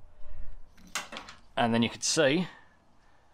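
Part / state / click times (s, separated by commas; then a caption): crimped cable contact into Anderson plug housing / seated / 1.0 s. A crimped negative metal contact is pushed with a bit of force, using a screwdriver, into a plastic Anderson plug housing for a 4WD until it locks behind the internal metal blade. It clicks into place with a sharp click at 1.0 s, followed by a few faint ticks, and the contact is seated. Someone talks afterward.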